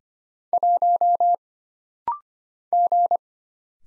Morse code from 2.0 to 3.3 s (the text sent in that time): G